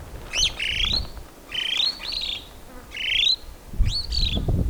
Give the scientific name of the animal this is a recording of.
Lamprotornis superbus